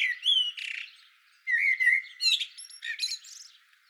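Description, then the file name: Eurasian blackbird song: whistled and scratchy high notes, a short pause, then a longer phrase of warbled and twittering notes. "Turdus merula"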